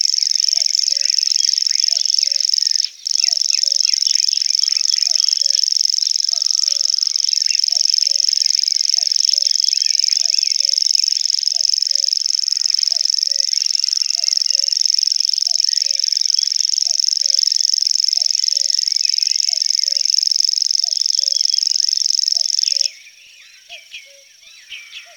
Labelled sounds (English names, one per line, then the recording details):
Common Grasshopper Warbler song
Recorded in the wild
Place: Flögelner See, Schleswig-Holstein, DE
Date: 1985-05-17
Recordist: Schwarz, Dieter